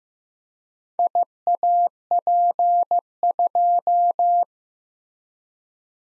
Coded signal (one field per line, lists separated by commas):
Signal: Morse code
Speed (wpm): 15 wpm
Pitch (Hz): 700 Hz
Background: none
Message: IAP2